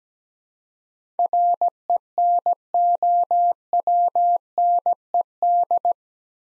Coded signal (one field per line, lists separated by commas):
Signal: Morse code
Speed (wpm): 17 wpm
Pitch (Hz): 700 Hz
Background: none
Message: RENOWNED